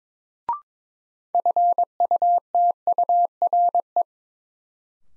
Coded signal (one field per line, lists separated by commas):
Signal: Morse code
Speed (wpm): 22 wpm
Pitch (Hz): 700 Hz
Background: none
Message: FUTURE